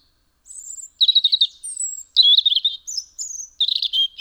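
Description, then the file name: European robin singing thin, high phrases: a faint whistle opens, then rapid trilled notes alternating with sweeping high whistles, each phrase short and varied, with a quiet background. "Erithacus rubecula"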